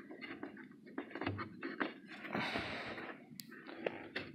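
On a 2013 Kia Optima, a wiring plug is lined up with the pins of the headlight bulb socket inside the headlamp housing and pushed in, making handling rustles, a longer scrape and several short knocks. The plug has not seated or clicked yet.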